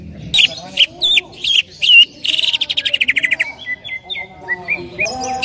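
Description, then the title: Greater green leafbird calling with loud, sharp, separated chips, then a fast descending trill followed by a string of clear whistled notes at varied pitches. Female calling to a male, described as very vocal and persistent. "CUCAK IJO BETINA GACOR HIPER MEMANGGIL JANTAN"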